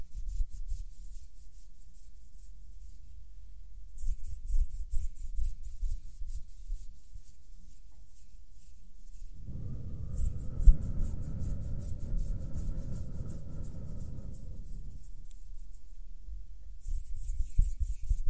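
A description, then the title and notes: Soft hand movements: quiet brushing and rubbing over a low, steady rumble, with faint airy swishes around four to nine seconds. From about ten to fifteen seconds a fuller, louder rubbing swells in with a faint hum, then fades back to light swishing. HAND SOUNDS + SOFT HAND MOVEMENS.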